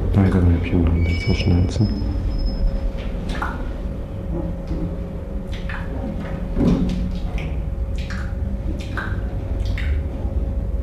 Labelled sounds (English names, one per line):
King Colobus